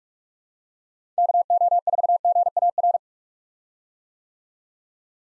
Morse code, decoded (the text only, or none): KO4GAR